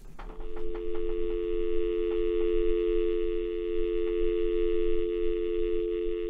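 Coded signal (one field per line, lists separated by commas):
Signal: telephone call progress tone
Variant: North America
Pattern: dial tone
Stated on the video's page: A phone's dial tone used as a pitch reference to tune a guitar.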